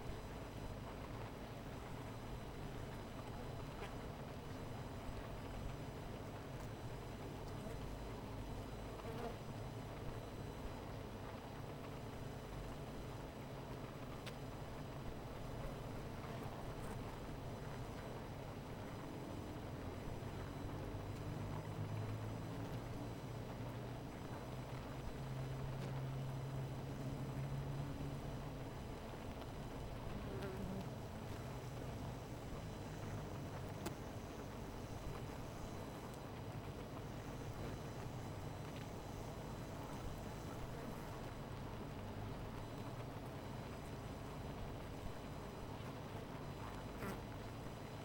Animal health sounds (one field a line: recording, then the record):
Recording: honeybee colony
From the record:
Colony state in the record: missing queen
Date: 14 July 2017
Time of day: 17:16